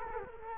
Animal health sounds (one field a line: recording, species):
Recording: mosquito wingbeat signal from an infrared sensor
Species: Culex quinquefasciatus